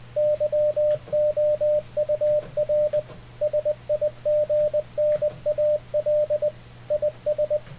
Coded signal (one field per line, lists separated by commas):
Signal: Morse code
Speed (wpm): 20 wpm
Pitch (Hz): 600 Hz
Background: radio noise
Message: YOUR SIGNAL IS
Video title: How to Send and Receive CW Ham Radio Deluxe HDR Icom 7300